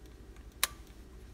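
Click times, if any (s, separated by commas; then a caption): 0.6 s. A detachable game controller is slid down the side rail of a plastic console grip case until it locks, much like attaching it to the real console. There are faint ticks at 0.1 and 0.4 seconds, then a single sharp, bright click at 0.6 seconds as it seats firmly in place.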